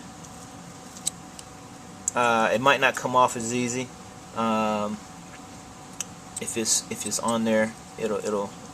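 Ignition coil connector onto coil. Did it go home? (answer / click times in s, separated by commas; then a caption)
no / none. Someone works on the plastic electrical connector of a Suzuki GSXR 600 motorcycle ignition coil, which is meant to be pushed back onto the coil until it latches. Someone talks over a steady low hum, and brief sharp ticks are heard at about 1.1, 1.4 and 6.0 seconds. The clip ends before the connector goes home, so nothing has seated or clicked yet.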